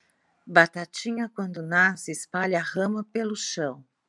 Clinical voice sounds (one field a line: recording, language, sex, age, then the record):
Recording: short text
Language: Brazilian Portuguese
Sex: female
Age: 50 to 59 years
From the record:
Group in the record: control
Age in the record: 56 years